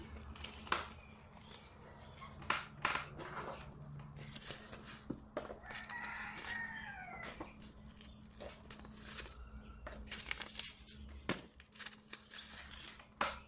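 Packets of seeds are sorted with crisp paper crinkles and sharp flicks arriving in irregular bursts, busiest near the start and end. A steady low hum runs underneath, and around six seconds a rooster crows faintly in the background.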